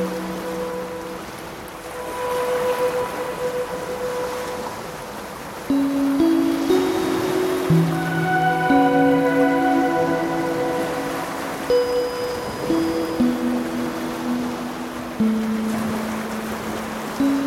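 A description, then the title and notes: Waves hiss steadily beneath slow, sustained musical tones that shift pitch every second or two, filling out and growing louder after six seconds. By The Ocean. I took out the guided meditation so it’s just the sounds of waves and music.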